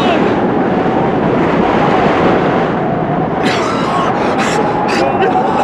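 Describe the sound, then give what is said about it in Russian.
A loud, steady roar of storm wind and churning sea at night, broken in the second half by several bursts of heavy splashing as waves crash down over a rowing boat. “Берегись! Волна!”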